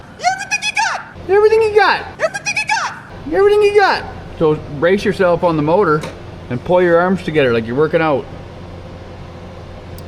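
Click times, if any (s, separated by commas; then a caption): 10.0 s. A torque wrench is pulled to tighten a plug, likely a glow plug, into the cylinder head of a 1996 Ford Crew Cab F-350 diesel engine. Someone talks throughout, and then the wrench gives a single quiet click at 10.0 s. The click confirms that the plug is torqued to the setting.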